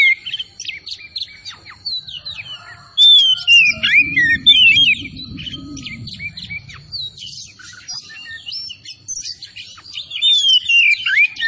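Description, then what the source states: Oriental magpie-robin song of fast, varied whistles and chattering notes in repeated bursts, with a brief low rumbling noise in the middle. Tretes kacer singing vigorously (gacor).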